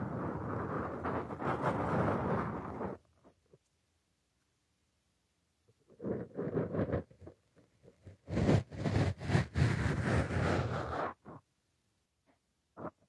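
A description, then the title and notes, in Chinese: Gentle breathing and blowing into the mic fill the first three seconds with a soft, low rush, then fall silent. From about six seconds, feather-wand ear cleaning returns with fluffy brushing sweeps, turning into brisk scratchy strokes around eight to eleven seconds, with a last brief brush near the end. 温柔吹气+鹅毛棒掏耳。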